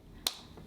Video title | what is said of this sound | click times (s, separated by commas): Fenty Beauty Fenty Icon Refillable Lipstick Review & Demo | until it clicks like that and then you twist the lipstick up like so | 0.3 s